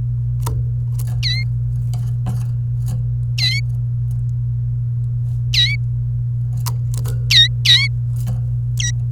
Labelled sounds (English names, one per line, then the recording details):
Domestic Canary song
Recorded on 28 April 2018 at 10:04
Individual llb3